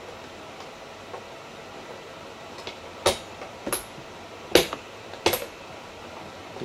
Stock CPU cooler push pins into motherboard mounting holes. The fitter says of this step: you should hear that nice click sound from your intel stock cooler would